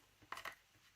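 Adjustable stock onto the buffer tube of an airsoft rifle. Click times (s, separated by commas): 0.3 s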